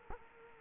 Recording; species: mosquito wingbeat signal from an infrared sensor; Culex quinquefasciatus